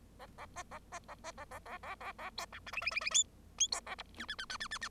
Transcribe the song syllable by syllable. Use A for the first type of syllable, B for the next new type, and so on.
A A B A B A B A A A A A A C D E F F F F G G C A H I I I I I I I